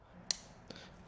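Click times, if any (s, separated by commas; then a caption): 0.3 s. The plastic connector on the other side of a Rave Off Road plug-and-play harness, used to install TRD Pro fender flares, is pushed into the factory plug that was just pulled out. It gives a sharp, bright snap at 0.3 s, followed by fainter ticks around 0.7 and 0.8 s over a low background hum. The connector is seated.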